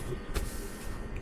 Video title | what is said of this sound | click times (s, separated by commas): EGO Battery Powered Lawnmower Self-Propelled 21" Select Cut System with Touch Drive and Mulching | Pop it in until it uh you can hear it lock in place. | 1.2 s